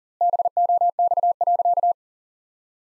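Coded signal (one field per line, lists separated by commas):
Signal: Morse code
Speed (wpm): 40 wpm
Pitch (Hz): 700 Hz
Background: none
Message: BOX.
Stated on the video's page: Sentence copy practice at 40 wpm with 2x standard word spacing, a word-level analogue of Farnsworth spacing.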